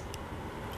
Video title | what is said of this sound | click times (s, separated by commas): Anderson Powerpole Connectors | and you just stick it in like that and push it till it clicks into place | 0.1 s